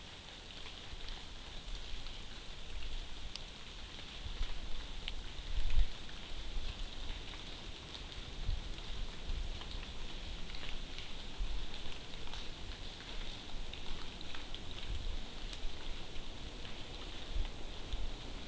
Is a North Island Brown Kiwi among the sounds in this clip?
no